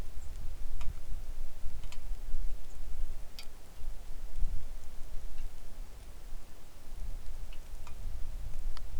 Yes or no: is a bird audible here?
yes